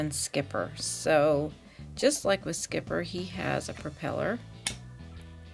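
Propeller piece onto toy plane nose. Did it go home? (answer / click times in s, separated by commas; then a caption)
yes / 4.7 s. A plastic toy-brick propeller is pressed onto the nose of a toy plane figure while someone talks over music. A single sharp snap at 4.7 s marks the propeller seating on.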